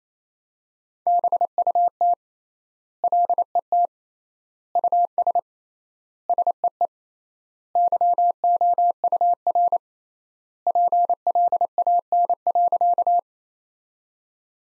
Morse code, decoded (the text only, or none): BUT LET US SEE YOUR PLAN.